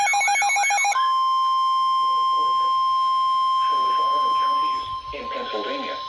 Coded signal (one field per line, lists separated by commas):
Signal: Emergency Alert System (SAME) tones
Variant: 1050 Hz attention tone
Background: speech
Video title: ALERTS IN PROSPECT PA (EAS ALERTS 2220-2251 FROM 8/13/21)